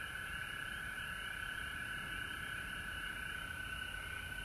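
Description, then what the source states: A frog chorus, steady overlapping high calls forming an unbroken ringing drone over low background noise. Recorded at home in Georgia on March 19, 2020.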